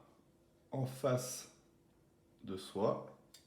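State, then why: Not seated. An oiled trumpet valve piston is being put back into its valve casing with its number facing the player, as someone talks in two short bursts. Nothing has seated or clicked yet: the piston has not been turned so its guide drops into the slot.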